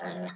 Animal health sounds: pig call; piglet (1 to 25 days)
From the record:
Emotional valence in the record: negative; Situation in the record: long isolation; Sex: male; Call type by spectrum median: low-frequency call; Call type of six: low-frequency tonal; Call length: 0.35 s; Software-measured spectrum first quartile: 307 Hz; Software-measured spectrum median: 647 Hz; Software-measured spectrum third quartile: 1454 Hz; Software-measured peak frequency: 647 Hz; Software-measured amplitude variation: 81 dB a second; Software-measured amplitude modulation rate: 22.7 a second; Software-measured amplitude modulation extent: 3.6 dB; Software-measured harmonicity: 2.1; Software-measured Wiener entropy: -1.20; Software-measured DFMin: 956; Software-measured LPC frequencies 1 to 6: 649, 1788, 3660, 5242, 6316, 6871 Hz

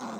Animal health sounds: pig call; piglet (1 to 25 days)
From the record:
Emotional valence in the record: negative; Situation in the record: short isolation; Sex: male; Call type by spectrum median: low-frequency call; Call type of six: low-frequency tonal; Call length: 0.20 s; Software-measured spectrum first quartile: 297 Hz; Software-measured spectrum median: 695 Hz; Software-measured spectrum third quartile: 1344 Hz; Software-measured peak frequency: 228 Hz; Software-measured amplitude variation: 76 dB a second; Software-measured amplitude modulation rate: 17.3 a second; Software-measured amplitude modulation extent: 4.4 dB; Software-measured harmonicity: 1.1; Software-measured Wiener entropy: -0.50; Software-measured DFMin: 1087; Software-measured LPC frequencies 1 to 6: 834, 2240, 3656, 4055, 6460, 7695 Hz

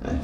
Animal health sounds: pig call; growing-finishing pig (85 days or more)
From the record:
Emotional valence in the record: negative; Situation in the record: barren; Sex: female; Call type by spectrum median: low-frequency call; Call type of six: low-frequency stable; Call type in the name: low-frequency stable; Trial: 3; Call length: 0.23 s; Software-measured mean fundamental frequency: 40 Hz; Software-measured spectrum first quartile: 107 Hz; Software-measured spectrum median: 247 Hz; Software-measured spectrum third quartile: 506 Hz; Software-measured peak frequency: 250 Hz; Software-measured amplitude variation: 168 dB a second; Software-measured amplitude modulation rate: 17.0 a second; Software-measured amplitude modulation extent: 9.9 dB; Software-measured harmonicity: -0.8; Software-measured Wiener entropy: -0.60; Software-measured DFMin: 774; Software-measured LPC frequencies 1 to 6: 1629, 2611, 3565, 4609, 6143, 8530 Hz

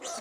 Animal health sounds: pig call; piglet (1 to 25 days)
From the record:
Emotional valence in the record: negative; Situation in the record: fighting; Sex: male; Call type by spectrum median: high-frequency call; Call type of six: mixed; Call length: 0.21 s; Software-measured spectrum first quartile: 771 Hz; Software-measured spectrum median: 2713 Hz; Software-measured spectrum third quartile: 6210 Hz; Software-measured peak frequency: 681 Hz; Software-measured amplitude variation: 72 dB a second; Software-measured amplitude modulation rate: 21.5 a second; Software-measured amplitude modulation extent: 3.3 dB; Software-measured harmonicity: 1.9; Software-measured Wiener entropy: -2.01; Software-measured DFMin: 667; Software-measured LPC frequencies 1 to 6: 641, 1291, 2015, 2960, 3745, 4495 Hz

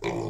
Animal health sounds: pig call; weaner (32 to 43 days)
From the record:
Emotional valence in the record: negative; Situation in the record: short isolation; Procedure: open field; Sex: female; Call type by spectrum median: low-frequency call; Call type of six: low-frequency modulated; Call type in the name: low-frequency modulated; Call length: 0.30 s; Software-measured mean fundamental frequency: 61 Hz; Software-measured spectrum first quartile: 308 Hz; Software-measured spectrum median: 515 Hz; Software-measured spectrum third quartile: 1308 Hz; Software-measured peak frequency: 405 Hz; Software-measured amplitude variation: 119 dB a second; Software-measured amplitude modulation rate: 33.4 a second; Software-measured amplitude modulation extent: 3.6 dB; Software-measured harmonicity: 0.5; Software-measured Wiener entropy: -1.28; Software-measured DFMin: 1020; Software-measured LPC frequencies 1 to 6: 408, 904, 2328, 3461, 3903, 4832 Hz

